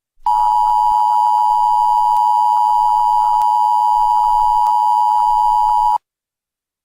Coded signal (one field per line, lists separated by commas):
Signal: Emergency Alert System (SAME) tones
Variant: 853 and 960 Hz attention tone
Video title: EAS Scenario - Melons | Part 1